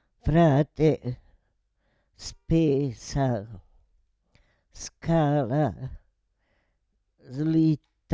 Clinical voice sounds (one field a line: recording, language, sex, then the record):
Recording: read list of words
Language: Italian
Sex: female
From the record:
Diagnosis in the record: Parkinson's disease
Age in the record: 78 years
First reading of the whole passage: 164 s, 3.2 characters per second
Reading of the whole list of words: 108 s, 2.6 characters per second